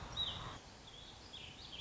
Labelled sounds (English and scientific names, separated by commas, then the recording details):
Warbling Vireo (Vireo gilvus)
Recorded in Sonoma County, California